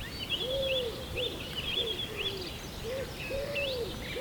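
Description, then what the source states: Birds singing together: low arched notes repeated beneath a thin layer of high chirps and warbles. Birds at sunrise, early morning.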